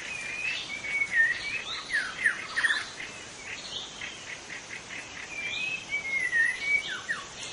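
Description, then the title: White-rumped shama delivering sweeping whistles and quick twittery notes in the first three seconds, then softer notes, then another whistled phrase near the end, over steady noise. Forest white-rumped shama, called murai batu hutan in Indonesian. "Suara burung murai batu hutan"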